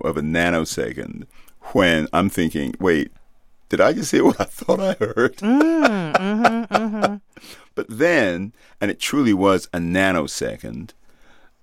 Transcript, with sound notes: a nanosecond - when I'm thinking, wait, did I just hear what I thought I heard (laughter)? But then - and it truly was a nanosecond